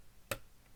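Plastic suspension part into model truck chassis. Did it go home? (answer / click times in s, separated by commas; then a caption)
yes / 0.3 s. A small plastic front-suspension or brake part is squeezed into the chassis of a 1:12 scale model truck, where space is tight because the exhaust is in the way. A sharp, bright click sounds at 0.3 s, followed by a fainter tick near the end. The part clicks into place and is seated.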